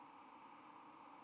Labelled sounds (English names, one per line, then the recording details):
White-throated Sparrow flight call
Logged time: 03:58 on 31 October 2014